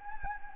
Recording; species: mosquito wingbeat signal from an infrared sensor; Anopheles gambiae